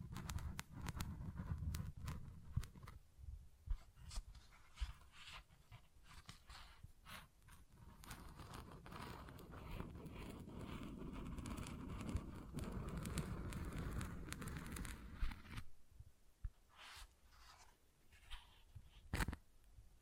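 Tapping and scratching on textured surfaces, with frequent short crisp clicks and a dense, rustling scrape that swells through the middle. The low rumble drops away near 15 seconds, leaving sparser, separated taps, and a sharp louder hit lands around 19 seconds.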